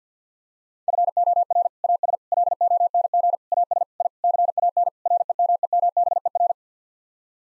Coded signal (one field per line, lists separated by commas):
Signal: Morse code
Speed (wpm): 50 wpm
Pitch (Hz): 700 Hz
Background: none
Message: FOR AS LONG AS I CAN REMEMBER